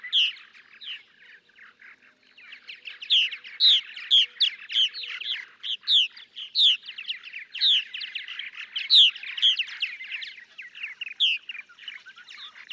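Purple martin song beginning softly, then swelling into an energetic stream of croaky gurgles, chirps and high squeaky notes that keeps tumbling on.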